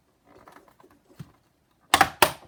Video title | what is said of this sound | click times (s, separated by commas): Dad Installs Home Decorators Cordless Faux Wood 2-Inch Blinds | where you can see my hand flapping we're just going to push up and we should hear a click | 1.9 s, 2.2 s